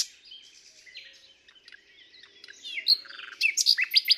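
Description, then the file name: Common nightingale singing: a quiet, jumbled stretch of soft warbling, then a short run of loud, sharp repeated notes at the end. "Luscinia megarhynchos"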